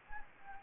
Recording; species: mosquito wingbeat signal from an infrared sensor; Anopheles gambiae